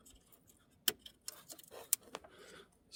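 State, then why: Seated. After the rubber boot is refitted over the wiring, a plastic electrical connector on the wiring harness is pushed onto the starter motor of a 2006–2010 Volkswagen Jetta, Golf or Rabbit; the starter is the same old one that was just removed. A sharp click at 0.9 s marks the connector clipping in, followed by further short ticks at about 1.3, 1.9 and 2.2 s. The connector is seated.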